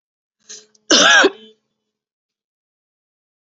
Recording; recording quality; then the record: heavy voluntary cough; excellent, no background noise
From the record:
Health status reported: COVID-19 positive, mild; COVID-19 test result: positive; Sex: female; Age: 37 years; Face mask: worn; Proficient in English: yes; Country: India